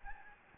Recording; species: mosquito wingbeat signal from an infrared sensor; Anopheles gambiae